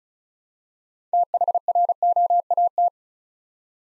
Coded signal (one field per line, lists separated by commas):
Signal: Morse code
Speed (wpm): 36 wpm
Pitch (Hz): 700 Hz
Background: none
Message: THROAT